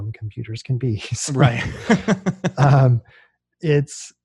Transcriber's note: laughs